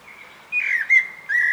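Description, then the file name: Common blackbird: a brief, clear fluty whistle with a slight warble, followed by a second mellow note. "Turdus merula"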